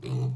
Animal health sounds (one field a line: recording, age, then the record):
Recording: pig call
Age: weaner (32 to 43 days)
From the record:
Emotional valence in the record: negative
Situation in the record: long isolation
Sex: female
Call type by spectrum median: low-frequency call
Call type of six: low-frequency stable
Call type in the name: low-frequency stable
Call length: 0.35 s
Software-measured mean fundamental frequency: 45 Hz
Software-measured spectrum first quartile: 127 Hz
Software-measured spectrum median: 163 Hz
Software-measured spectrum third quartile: 389 Hz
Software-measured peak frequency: 133 Hz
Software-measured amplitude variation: 97 dB a second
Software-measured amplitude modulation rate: 18.3 a second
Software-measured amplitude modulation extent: 5.3 dB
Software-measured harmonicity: 5.4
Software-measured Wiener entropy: -0.74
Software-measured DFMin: 1558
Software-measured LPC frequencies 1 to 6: 2383, 4095, 4963, 5981, 6963, 7945 Hz